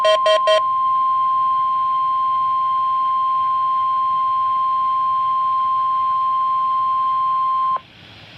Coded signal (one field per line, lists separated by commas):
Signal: Emergency Alert System (SAME) tones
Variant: 1050 Hz attention tone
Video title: Required Weekly Test - 06/04/14 (EAS #697)